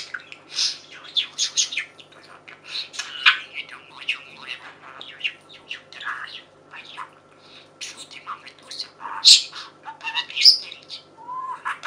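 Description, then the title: Budgerigar warbling chatter, a dense run of quick scratchy chirps and buzzy notes with occasional shrill peaks. "Budgie Sounds"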